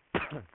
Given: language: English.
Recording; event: throat vibration sensor signal played as sound; cough